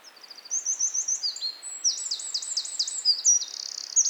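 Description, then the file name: Eurasian wren song, a vigorous string of high, fast trills and rattling phrases that changes tempo repeatedly. "Troglodytes troglodytes"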